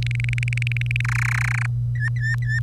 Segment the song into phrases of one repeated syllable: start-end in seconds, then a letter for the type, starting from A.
0.02-1.01 A, 1.04-1.66 B, 1.95-2.59 C